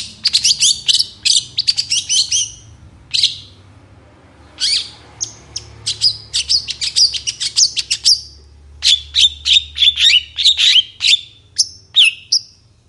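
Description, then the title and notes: Long-tailed Shrike song with dense bursts of sharp chirps and chatter, a brief lull with a single note, then more varied twittering and short whistles over a low hum. Morning singing; described as energetic, varied song full of fill notes, used to provoke other shrikes into singing. "Cendet Gacor Dor Di Kala Pagi Toet Toet Variasi Suara. Suara Cendet Full Isian Yang Di Cari Pentet Manapun Supaya Cepat Ngotot Emosi Langsung Ikutan Bunyi. Burung cendet"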